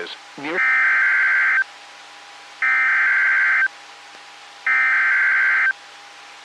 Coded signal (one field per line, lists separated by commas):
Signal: Emergency Alert System (SAME) tones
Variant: header bursts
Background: speech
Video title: EAS #855-867 (Late June 2021)